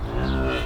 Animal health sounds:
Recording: contact call of a hoofed animal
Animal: cattle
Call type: low-frequency (closed-mouth) or high-frequency (open-mouth) call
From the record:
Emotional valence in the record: negative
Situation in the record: full separation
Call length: 0.66 s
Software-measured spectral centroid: 1730 Hz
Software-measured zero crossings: 1330 a second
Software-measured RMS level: -24 dBFS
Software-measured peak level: -13 dBFS

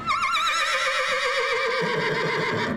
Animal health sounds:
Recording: contact call of a hoofed animal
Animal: horse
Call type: whinny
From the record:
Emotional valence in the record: negative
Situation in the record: separation from one group member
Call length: 2.9 s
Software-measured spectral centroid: 2700 Hz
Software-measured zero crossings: 3340 a second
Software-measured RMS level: -24 dBFS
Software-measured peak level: -13 dBFS

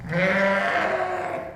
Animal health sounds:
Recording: contact call of a hoofed animal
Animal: sheep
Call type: low-frequency (closed-mouth) or high-frequency (open-mouth) call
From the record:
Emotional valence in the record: positive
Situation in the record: reunion with pen mate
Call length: 1.56 s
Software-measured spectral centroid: 1720 Hz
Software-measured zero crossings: 1920 a second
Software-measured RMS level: -24 dBFS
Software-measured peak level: -9 dBFS

